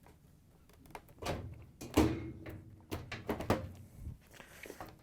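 The top panel of a Samsung washer is lowered onto the cabinet and lined up on its locating pins before being pushed home, so the machine can be laid on its front to replace the clutch assembly (DC97-16984A) from underneath. Dull handling thunks and knocks are heard, strongest around 2.0 s and 3.5 s. Nothing has locked or clicked into place yet.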